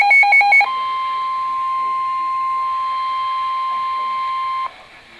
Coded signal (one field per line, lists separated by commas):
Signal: Emergency Alert System (SAME) tones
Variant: 1050 Hz attention tone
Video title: NOAA - Severe Thunderstorm Warning (EAS #1,223)